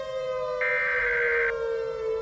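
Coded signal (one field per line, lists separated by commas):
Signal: Emergency Alert System (SAME) tones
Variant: header bursts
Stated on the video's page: Simulated EAS scenario, not a real alert.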